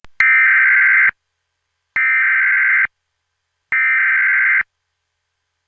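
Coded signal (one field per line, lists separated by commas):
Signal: Emergency Alert System (SAME) tones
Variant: header bursts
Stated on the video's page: Fictional EAS scenario, simulated.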